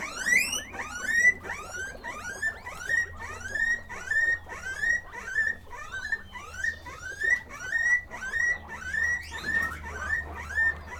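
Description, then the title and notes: Guinea pig wheeks: a steady run of rising whistled squeals, repeated roughly every second, with softer chirping and a low hum beneath. Guinea pig (cuy) pen, during a sound residency on traditional kitchens in Pujilí, Ecuador, in 2019. "Yanuna_Paisajes. CORRAL_CUY. en Pujilí - Ecuador 2019"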